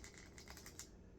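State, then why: Seated. A plastic head on a Jada Toys General Mills Franken Berry action figure is pressed further onto its neck peg, giving a run of small clicks. It ends in a crisp click at 0.8 s, and the head is seated fully home.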